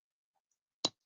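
A part of a plastic SD Sinanju model kit is pressed into its mating part. After near silence, a single sharp snap rings out at 0.9 s. The part is seated in place.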